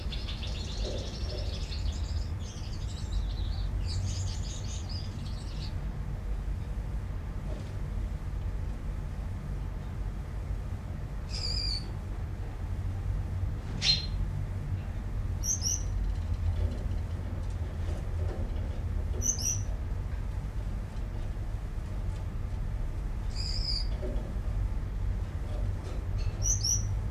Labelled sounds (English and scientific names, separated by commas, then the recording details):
Common Chaffinch (Fringilla coelebs)
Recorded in captivity
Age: adult
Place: Minden (Westfalen), Nordrhein-Westfalen, DE
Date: 1970
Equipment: Uher 4000 Report-S, Bändchenmikro Beyer M 260, Parabolspiegel Polyester (470 mm)
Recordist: Conrads, Klaus